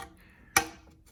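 On a 2012 Jeep Wrangler 3.6L, during an oil filter housing leak repair, an electrical connector is joined to its mating connector on the engine oil filter housing: the gray part slides over and the white piece turns until it clicks in, then it fastens to the bracket. A single sharp, bright click sounds at 0.6 s against quiet background, and the connector is seated.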